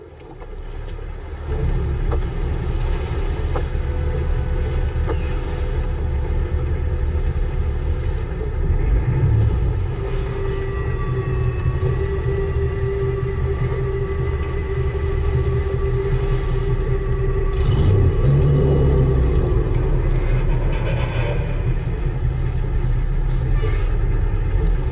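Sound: boat engine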